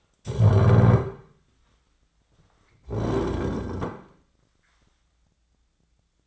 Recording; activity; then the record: daily activity, microphone in the room; stand up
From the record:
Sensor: 3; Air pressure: 1009.2 hPa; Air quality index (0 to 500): 186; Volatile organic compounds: 3 ppm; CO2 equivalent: 1498 ppm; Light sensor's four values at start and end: 52/132/58/59 and 45/115/51/53